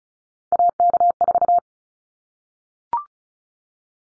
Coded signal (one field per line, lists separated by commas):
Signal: Morse code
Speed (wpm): 34 wpm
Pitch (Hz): 700 Hz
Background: none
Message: AK4